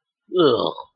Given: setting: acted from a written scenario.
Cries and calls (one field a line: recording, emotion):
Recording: vocal sound without words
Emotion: disgust